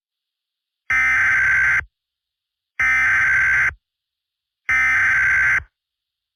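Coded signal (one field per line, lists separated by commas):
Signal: Emergency Alert System (SAME) tones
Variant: header bursts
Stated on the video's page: Fictional scenario, not a real alert.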